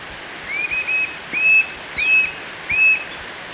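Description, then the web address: Coppery-chested jacamar song of four high whistles, each rising then levelling, in quick succession over steady background noise. Ecuador. "Natures Songs S America Birds of Ecuador 53 Coppery-chested Jacamar"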